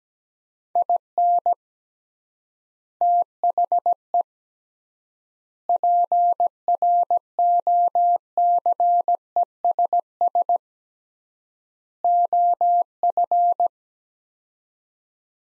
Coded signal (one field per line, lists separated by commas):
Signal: Morse code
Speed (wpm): 17 wpm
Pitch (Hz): 700 Hz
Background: none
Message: IN THE PROCESS OF